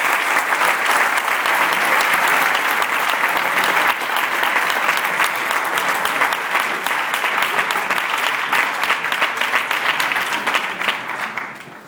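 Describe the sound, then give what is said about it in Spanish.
A crowd at a Basque pintxo championship breaks into sustained, dense applause for José Merino, Álava's pintxo champion. Many hands clap steadily for about twelve seconds before the applause begins to taper off at the end. “Un fuerte aplauso a José Merino.”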